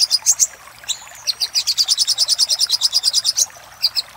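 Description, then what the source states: Little spiderhunter giving a quick, insistent series of high chip notes, framed by a few separate chips and a short thin whistle. Master recording for training cage birds; local name sogok ontong.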